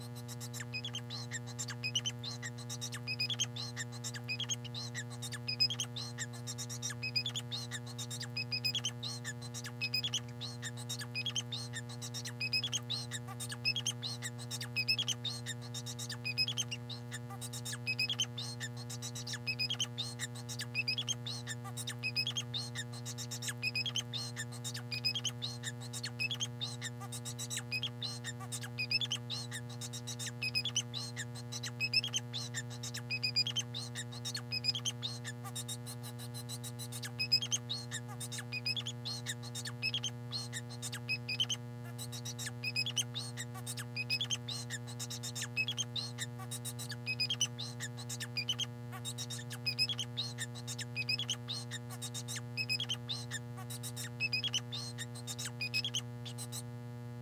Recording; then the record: song of a male Bengalese finch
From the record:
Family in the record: son of father 4